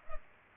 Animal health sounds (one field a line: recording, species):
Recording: mosquito wingbeat signal from an infrared sensor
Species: Culex pipiens